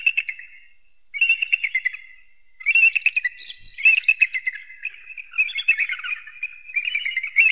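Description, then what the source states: Eagle calling in several bursts of high, staccato chatter, the notes tumbling quickly. Eagle hunting prey.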